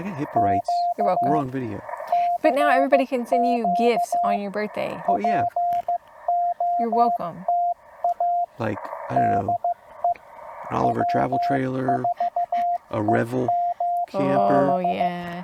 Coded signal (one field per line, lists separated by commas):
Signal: Morse code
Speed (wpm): 15 wpm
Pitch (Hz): 700 Hz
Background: speech, radio noise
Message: Q CQ POTA DE W4EMB